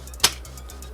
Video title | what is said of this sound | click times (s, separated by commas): Transformers Studio Series Gamer Edition 03 Optimus Prime Review | Also, at the same time, this area right in here, we're going to take it and pull down on it until you can hear it lock in place. | 0.2 s